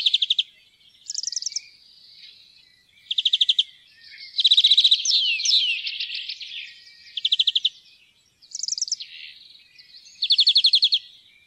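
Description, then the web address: European greenfinch giving fast, ringing trills around high pitch, alternating with buzzy, twittering passages and a few sliding notes, bursts repeating every second or two. "fuglelyder- groennfink"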